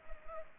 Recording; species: mosquito wingbeat signal from an infrared sensor; Culex pipiens